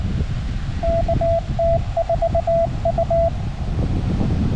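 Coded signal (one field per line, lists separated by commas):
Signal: Morse code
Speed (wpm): 19 wpm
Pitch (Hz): 670 Hz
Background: none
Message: KT4U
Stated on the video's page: CW parks on the air activation on 20m with a KX2, first on an AX2 antenna with slow going, then on a different antenna.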